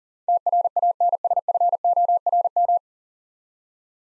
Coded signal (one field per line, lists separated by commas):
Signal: Morse code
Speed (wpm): 40 wpm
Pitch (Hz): 700 Hz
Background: none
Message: TRANSFORM